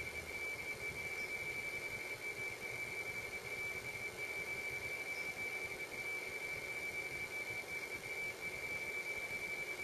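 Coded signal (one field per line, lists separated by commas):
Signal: RTTY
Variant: 45.5 baud, 170 Hz shift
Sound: a steady high whistle-like tone with occasional brief warbles, over constant hiss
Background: radio static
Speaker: we're running uh FL Digi to uh decode the B tones now I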